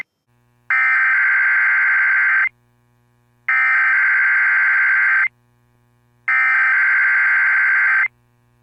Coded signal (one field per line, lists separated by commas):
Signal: Emergency Alert System (SAME) tones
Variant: header bursts